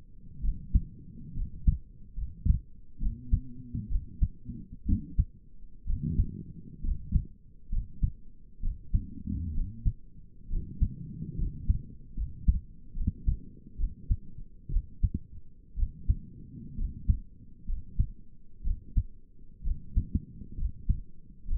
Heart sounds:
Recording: heart sounds by stethoscope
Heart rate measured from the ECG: 66 bpm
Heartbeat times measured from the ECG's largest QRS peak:
0.43 s: heartbeat
1.36 s: heartbeat
2.18 s: heartbeat
3.01 s: heartbeat
3.91 s: heartbeat
4.87 s: heartbeat
5.88 s: heartbeat
6.84 s: heartbeat
7.72 s: heartbeat
8.63 s: heartbeat
9.55 s: heartbeat
10.51 s: heartbeat
11.39 s: heartbeat
12.17 s: heartbeat
12.96 s: heartbeat
13.79 s: heartbeat
14.72 s: heartbeat
15.78 s: heartbeat
16.78 s: heartbeat
17.68 s: heartbeat
18.65 s: heartbeat
19.65 s: heartbeat
20.58 s: heartbeat
21.48 s: heartbeat
From the record:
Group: healthy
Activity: rest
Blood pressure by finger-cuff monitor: 95/50 mmHg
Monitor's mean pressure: 67 mmHg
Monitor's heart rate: 64 bpm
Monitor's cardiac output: 7.1 L/min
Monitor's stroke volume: 104 mL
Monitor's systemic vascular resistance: 670 dyn s/cm5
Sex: male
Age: 22 years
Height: 181 cm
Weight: 79 kg

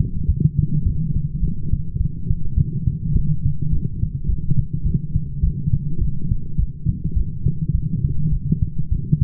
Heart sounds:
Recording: heart sounds by stethoscope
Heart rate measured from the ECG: 104 bpm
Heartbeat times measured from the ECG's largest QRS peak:
0.27 s: heartbeat
0.84 s: heartbeat
1.41 s: heartbeat
1.98 s: heartbeat
2.55 s: heartbeat
3.14 s: heartbeat
3.71 s: heartbeat
4.27 s: heartbeat
4.84 s: heartbeat
5.41 s: heartbeat
5.99 s: heartbeat
6.57 s: heartbeat
7.14 s: heartbeat
7.72 s: heartbeat
8.30 s: heartbeat
8.90 s: heartbeat
From the record:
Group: healthy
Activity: light exercise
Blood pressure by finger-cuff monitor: 150/87 mmHg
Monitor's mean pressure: 110 mmHg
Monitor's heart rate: 104 bpm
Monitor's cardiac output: 9.5 L/min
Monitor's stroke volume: 91 mL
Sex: female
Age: 22 years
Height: 161 cm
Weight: 65.5 kg

